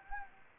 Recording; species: mosquito wingbeat signal from an infrared sensor; Anopheles gambiae